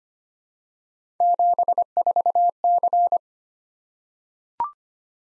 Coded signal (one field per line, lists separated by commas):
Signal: Morse code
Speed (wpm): 25 wpm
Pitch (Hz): 700 Hz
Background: none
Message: 74C